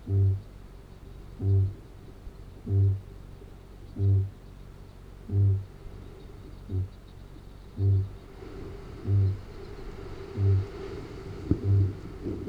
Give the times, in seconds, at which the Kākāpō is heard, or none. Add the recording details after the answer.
0.00-8.34, 8.71-12.02. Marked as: faintness 2/5, faintness 3/5. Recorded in New Zealand. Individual Arab